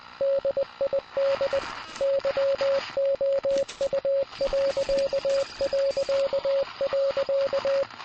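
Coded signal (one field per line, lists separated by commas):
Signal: Morse code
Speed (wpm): 20 wpm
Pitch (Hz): 550 Hz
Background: radio noise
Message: DID YOU...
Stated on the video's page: Morse code from a free military camp model in a game.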